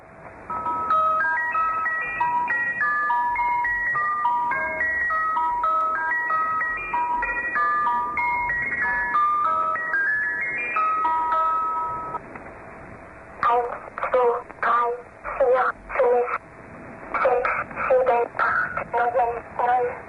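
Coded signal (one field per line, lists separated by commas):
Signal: numbers station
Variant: Swedish Rhapsody, German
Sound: tinkling music-box tune, then a high voice reading short words one by one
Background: radio static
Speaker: the broadcasts feature a bizarre sequence of the music box version of Swedish Rhapsody followed by a child or woman's voice reading out a series of numbers in German take a listen and see if you can make sense of this Eerie Swedish Rhapsody recording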